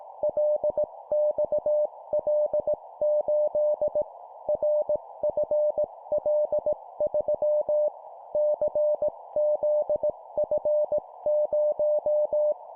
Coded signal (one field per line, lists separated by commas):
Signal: Morse code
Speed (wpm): 18 wpm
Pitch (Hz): 600 Hz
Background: none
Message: LXL8 RFL3 CZF0